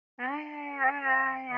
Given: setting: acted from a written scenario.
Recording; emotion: vocal sound without words; pain